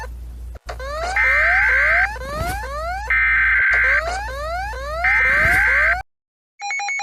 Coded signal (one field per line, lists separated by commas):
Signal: Emergency Alert System (SAME) tones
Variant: header bursts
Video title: Rating EAS Alarms Part 4 (So many requests)